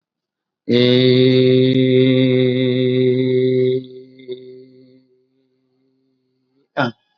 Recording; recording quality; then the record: sustained vowel as in beet; excellent, no background noise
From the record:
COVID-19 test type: RT-PCR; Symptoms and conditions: hypertension, diabetes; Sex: male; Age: 65 years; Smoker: yes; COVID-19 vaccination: both doses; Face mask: worn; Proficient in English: yes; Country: India